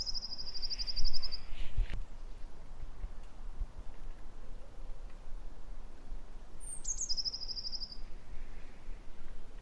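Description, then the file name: Eurasian blue tit calls: a fast, even trill, then several seconds later a thin high note slides into another trill, over low rumbling background noise. "Cyanistes caeruleus"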